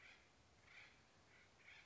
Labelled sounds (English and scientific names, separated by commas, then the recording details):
Acorn Woodpecker (Melanerpes formicivorus)
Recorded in Sonoma County, California